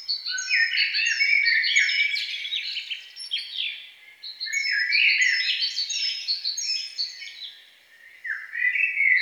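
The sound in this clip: Songbird song in long energetic bursts of chattering, slurred and whistled notes, separated by brief dips, with thin descending whistles recurring throughout.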